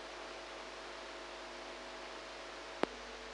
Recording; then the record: brain microelectrode recording played as sound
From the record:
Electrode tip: inside the subthalamic nucleus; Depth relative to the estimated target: -1 mm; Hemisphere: right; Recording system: NeuroSet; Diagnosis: Parkinson's disease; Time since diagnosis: 8 years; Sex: female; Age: 45 years